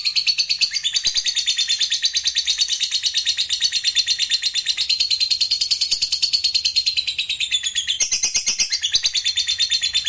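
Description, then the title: Lovebird song: sustained rapid high chatter, buzzy and pulsing without pause for the whole stretch. "Suara Lovebird"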